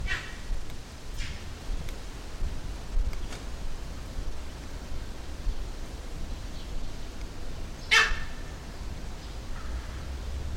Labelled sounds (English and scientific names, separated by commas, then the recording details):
Grivet (Chlorocebus aethiops)
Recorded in captivity
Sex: male
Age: adult
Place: Zoo Berlin, Berlin, DE
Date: 1996-07-28 18:42
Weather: bedeckt, 23°C
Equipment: Sony MD-WM MZ-R3, Sennheiser ME 80, Kopie Uher 4000 Report Monitor
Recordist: Tembrock, Günter
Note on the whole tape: Männchen: Erregungsrufe, längere Strecke (in anderer Anlage als sonst, neben den Mandrills), dann auch ein Weibchen am Gitter mit Blick auf die Mandrills